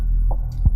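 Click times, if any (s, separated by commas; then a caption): 0.3 s. A standard plastic pill bottle is pressed into a 3D-printed cradle, where it trips a detection switch. Over a steady low hum, a sharp click is heard at 0.3 s as the bottle seats, followed by fainter knocks. The bottle is seated in the holder.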